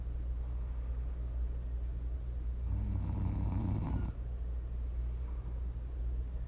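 One loud, rough snore of about a second and a half from a sleeping adult over a steady low background hum, in the style of ASMR.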